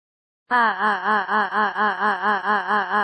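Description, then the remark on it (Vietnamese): A monster's agonized wailing scream, coming from a contorted human-like face on the head of a huge ladybug-like monster, bursts in after a brief silence: a loud, sustained harmonic howl that warbles up and down in steady pulses, several times a second, until the end. “Thật thống khổ, tiếng kêu thét thảm liệt từ trên đầu quái vật phát ra.”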